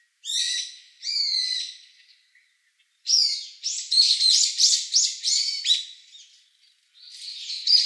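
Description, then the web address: Brown-eared bulbul giving loud, harsh squealing calls, two drawn-out notes then a rapid chattering series of sharp, high screeches, and one more harsh phrase at the end. Recorded 3 December 2016. "birdenaga hiyodori 161203"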